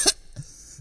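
A single brief, hissy burst, a cough or sneeze performed by an adult, followed by a faint low grunt; an acted sound effect.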